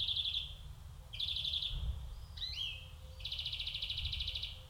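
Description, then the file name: European greenfinch delivering quick buzzy trills, a brief twisting twitter in the middle, then a longer rattling trill; faint low rumble beneath. "Chloris chloris"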